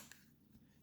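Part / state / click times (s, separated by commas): removable case piece (likely kickstand/cover) into rugged phone case / seated / 0.1 s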